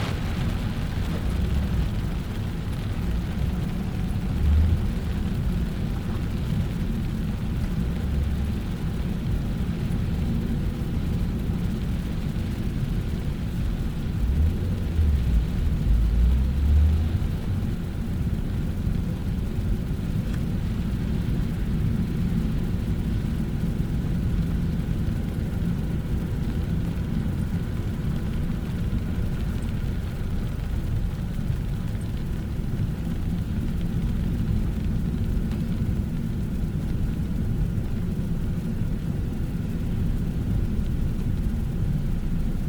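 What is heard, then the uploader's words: Rain falling on a car, heard from inside as a steady, dense low drumming roar that barely changes over the whole stretch. A few heavier low thumps stand out around five seconds and again near fifteen to seventeen seconds. Raining on the car. These relaxing sounds are coming to you from my car.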